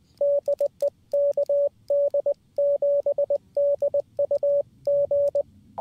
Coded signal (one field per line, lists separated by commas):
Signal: Morse code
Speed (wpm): 20 wpm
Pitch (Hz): 570 Hz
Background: radio noise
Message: DE KD7DUG